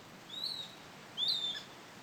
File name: Ambiente beira do rio passaro cantando cigarras longe vento com folhas